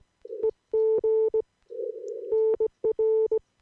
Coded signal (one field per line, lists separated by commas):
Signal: Morse code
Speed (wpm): 18 wpm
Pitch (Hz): 440 Hz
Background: none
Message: EG NR